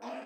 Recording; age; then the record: pig call; piglet (1 to 25 days)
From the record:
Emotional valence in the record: negative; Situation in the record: restrain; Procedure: in the arms of a person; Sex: female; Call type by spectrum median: low-frequency call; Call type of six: low-frequency stable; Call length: 0.26 s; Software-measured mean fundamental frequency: 63 Hz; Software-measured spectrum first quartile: 509 Hz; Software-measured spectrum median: 728 Hz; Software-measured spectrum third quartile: 1312 Hz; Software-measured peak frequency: 659 Hz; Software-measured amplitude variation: 93 dB a second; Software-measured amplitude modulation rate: 17.4 a second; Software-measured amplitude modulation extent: 5.4 dB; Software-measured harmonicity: 2.4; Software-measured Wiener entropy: -0.66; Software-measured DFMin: 941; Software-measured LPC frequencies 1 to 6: 672, 2527, 4840, 5880, 8057, 9047 Hz